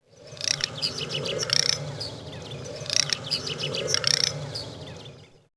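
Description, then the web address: Garganey giving dry, crackling rattles in two pairs of quick bursts over a steady low hum. "Peterson North American Birds iso sound garg"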